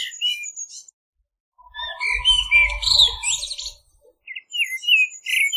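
Common blackbird song of fluty and squeaky warbled notes, with a low rumbling noise in the background for about two seconds mid-phrase.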